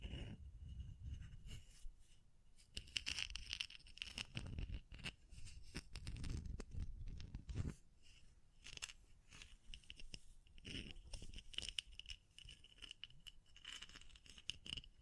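Tapping, scratching and brushing with crinkles, a dense run of quick bright taps over low rubbing bursts, busiest between three and eight seconds.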